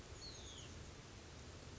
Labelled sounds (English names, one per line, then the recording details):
Hutton's Vireo
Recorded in Sonoma County, California